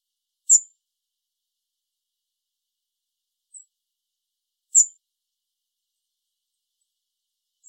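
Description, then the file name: European robin giving thin, very high call notes, two clear ones about four seconds apart, with a fainter one between and another at the end, in otherwise silent surroundings. "Erithacus rubecula"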